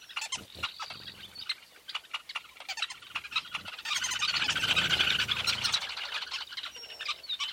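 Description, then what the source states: Weaver chatter: rapid clicking and chirping notes, swelling midway into a loud, continuous buzzy chorus before easing back to scattered clicks. Recorded at a large weaver nest in Etosha National Park, Namibia.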